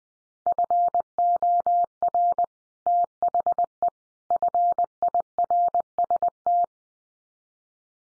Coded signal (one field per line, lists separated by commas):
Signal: Morse code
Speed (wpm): 20 wpm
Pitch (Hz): 700 Hz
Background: none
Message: FOR THE FIRST